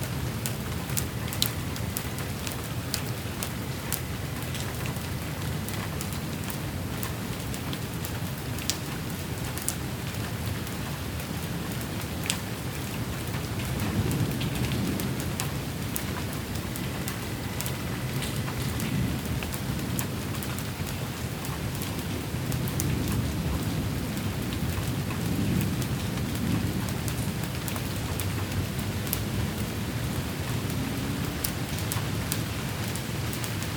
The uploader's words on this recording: An Evening Thunderstorm in the City. The sounds of a thunderstorm in the city wash away the rest of the evening noise in Grand Rapids, Michigan.